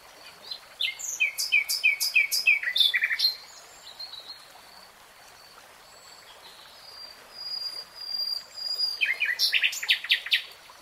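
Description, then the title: Nightingale song: a fast series of loud, sharp repeated notes, a quiet pause, then another rapid run of high chattering notes near the end. Nightingale singing in real time. "[Tiếng chim hót] 3 Hours REALTIME Nightingale Singing"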